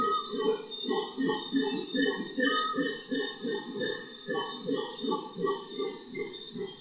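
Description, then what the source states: Howler monkey howls as coarse, grunting pulses in a quick rolling series, with steady higher tones behind them. Howler monkeys in Otún Quimbaya Sanctuary, Risaralda, Colombia; recorded in 2011.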